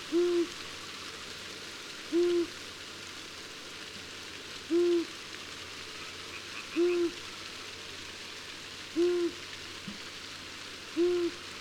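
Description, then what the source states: Long-eared owl giving low, soft single hoots repeated roughly every two to two and a half seconds, six in all, over steady hiss. Recorded in summer.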